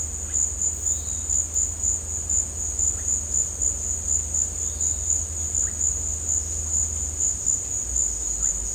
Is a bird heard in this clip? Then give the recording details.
no. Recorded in dense forest near Puerto Asís, Putumayo, Colombia, on 18 December 2024 at 15:00. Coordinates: 0.466, -76.327. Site G075